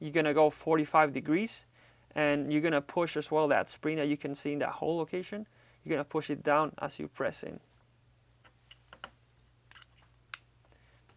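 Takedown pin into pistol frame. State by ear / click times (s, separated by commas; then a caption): seated / 10.3 s. Someone talks while a replacement takedown pin is angled in at 45 degrees and pushed into a Ruger LCP-series pistol frame as the spring in the pin hole is pressed down. After a few faint ticks, the pin clicks home in the frame at 10.3 seconds, readying the firearm for a function check.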